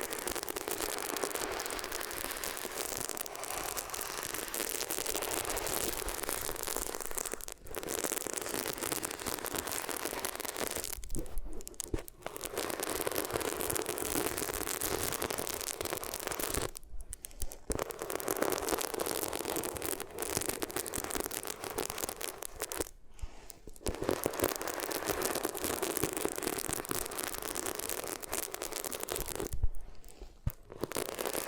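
Ears are rubbed against different materials, giving a dense, rough scratching and crinkling hiss that fills the whole range and stays fairly steady. Short drops to near silence break it up at irregular moments, around 7, 11, 17, 23 and 30 seconds.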